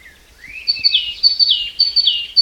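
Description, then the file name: Great tit song: a rising sweep opens, then bright two-note phrases dropping from high to lower pitch, repeated several times. "Parus major"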